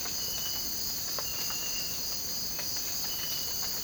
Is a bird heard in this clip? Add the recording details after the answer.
no. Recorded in dense forest near Puerto Asís, Putumayo, Colombia, on 19 March 2025 at 03:00. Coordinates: 0.481, -76.323. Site G088